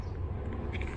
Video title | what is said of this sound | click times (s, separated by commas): How to punch all the RINGS planner inserts? (Feat. rapesco Punch) | should have a click sound when it reach the line okay and | 0.8 s